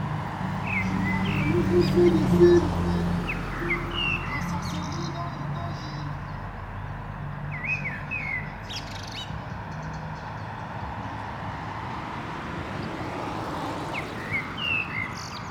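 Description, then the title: Common blackbird singing short fluted phrases with squeaky endings, spaced several seconds apart, over a heavy low rumble of passing traffic. Canal dike at Anderlecht, Brussels-Capital, Belgium, with car traffic; recorded using a Lom mikroUsi Pro microphone into a Zoom F3. "Digue du Canal, Anderlecht, Bruxelles-Capitale, Belgique - Blackbird and cars"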